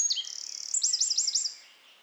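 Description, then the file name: Eurasian wren song fragment: high, piercing notes sliding down, then a quick trill and a run of clear looping notes before it stops abruptly. "Troglodytes troglodytes"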